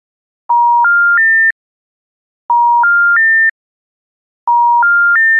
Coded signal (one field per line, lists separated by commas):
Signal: telephone call progress tone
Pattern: special information tone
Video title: Special Information Tone. (Germany, Ireland, Italy, and more). Phone sounds. Sound effects. SFX